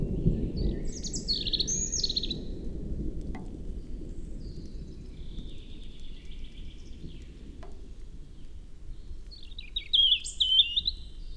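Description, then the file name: European robin singing high, thin warbled phrases with pauses between them, ending in a brighter twisting phrase, over constant low background rumble. "Erithacus rubecula"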